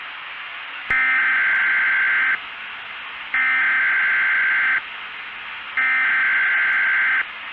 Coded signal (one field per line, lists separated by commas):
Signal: Emergency Alert System (SAME) tones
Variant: header bursts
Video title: RADIOMETEORA - Asteroid Impact EAS Scenario